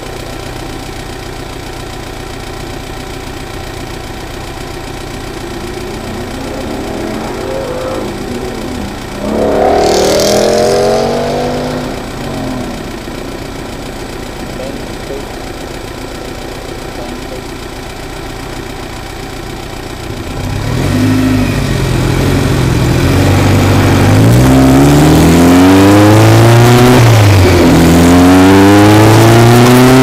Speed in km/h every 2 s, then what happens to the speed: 0, 0, 0, 0, 0, 0, 0, 0, 0, 0, 0, 6, 26, 35, 55.
0-20 standing. 20-30 pulls away to 55.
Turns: none.